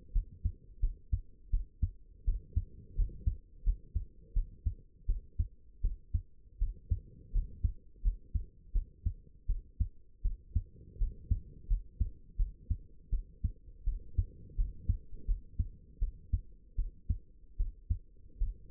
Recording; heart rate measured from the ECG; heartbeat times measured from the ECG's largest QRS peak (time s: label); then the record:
heart sounds by stethoscope; 82 bpm
0.13 s: heartbeat
0.81 s: heartbeat
1.51 s: heartbeat
2.25 s: heartbeat
2.96 s: heartbeat
3.64 s: heartbeat
4.34 s: heartbeat
5.07 s: heartbeat
5.82 s: heartbeat
6.59 s: heartbeat
7.32 s: heartbeat
8.02 s: heartbeat
8.73 s: heartbeat
9.47 s: heartbeat
10.23 s: heartbeat
10.98 s: heartbeat
11.68 s: heartbeat
12.37 s: heartbeat
13.10 s: heartbeat
13.85 s: heartbeat
14.56 s: heartbeat
15.26 s: heartbeat
16.00 s: heartbeat
16.76 s: heartbeat
17.58 s: heartbeat
18.39 s: heartbeat
From the record:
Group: healthy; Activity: rest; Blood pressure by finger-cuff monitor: 92/56 mmHg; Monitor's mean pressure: 70 mmHg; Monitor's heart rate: 82 bpm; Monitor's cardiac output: 7.6 L/min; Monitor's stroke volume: 90 mL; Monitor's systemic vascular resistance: 640 dyn s/cm5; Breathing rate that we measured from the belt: 15 breaths a minute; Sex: female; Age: 22 years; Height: 161 cm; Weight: 65.5 kg